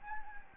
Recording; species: mosquito wingbeat signal from an infrared sensor; Anopheles gambiae